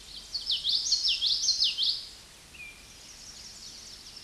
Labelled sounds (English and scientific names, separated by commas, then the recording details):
Common Yellowthroat (Geothlypis trichas) song
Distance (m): 5 m
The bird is about level with the microphone
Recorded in a Pennsylvania forest on 16 May 2024 at 07:34
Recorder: AudioMoth, point MSD-2061
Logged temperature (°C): 16.1 °C
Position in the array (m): 224 m, 182 m